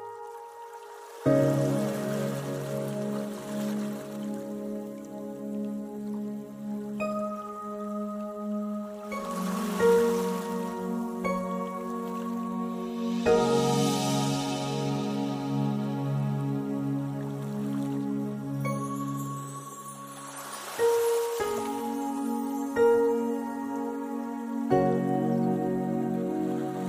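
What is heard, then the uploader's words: Soft meditation music with gentle water sounds: sustained, ringing tones in the low and middle range shift to new held chords every few seconds, around 1, 9, 13, 21 and 25 seconds. A light hiss of rain-like water runs steadily underneath. Meditation Music with soft water sounds.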